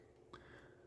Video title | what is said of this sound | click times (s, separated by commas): Megatron - Generation One Transformers | and everything snaps into place. | 0.3 s